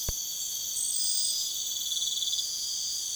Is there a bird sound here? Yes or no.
no